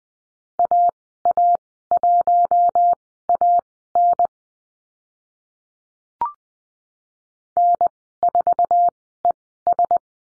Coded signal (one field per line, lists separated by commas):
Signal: Morse code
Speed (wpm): 20 wpm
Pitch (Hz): 700 Hz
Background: none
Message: AA1AN N4ES